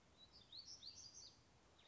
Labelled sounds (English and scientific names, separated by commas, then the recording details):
Black-throated Gray Warbler (Setophaga nigrescens)
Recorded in Sonoma County, California